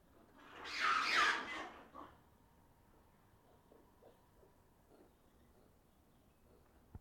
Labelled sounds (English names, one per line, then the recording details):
Ring-tailed Lemur call
Black-and-white Ruffed Lemur
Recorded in captivity
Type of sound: call
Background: Varecia variegata
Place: Zoo Berlin, Berlin, DE
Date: 1995-08-05
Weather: heiter, 25°C
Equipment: Nagra SN, Sennheiser ME 80, Kopie Uher 4000 Report Monitor
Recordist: Tembrock, Günter
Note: Gruppen rufen - zwischen der Vari-Aufnahme: 2:00 - 2:20. Nicht klar abgetrennt